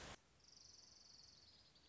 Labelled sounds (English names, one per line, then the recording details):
Orange-crowned Warbler
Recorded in Sonoma County, California